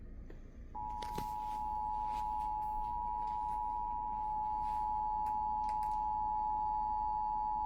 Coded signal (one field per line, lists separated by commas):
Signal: Emergency Alert System (SAME) tones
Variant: 853 and 960 Hz attention tone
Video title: Eas svr on KUHF 88.7fm, Kacc 89.7fm and Kyaz 51.1 Eas#1143- 1145)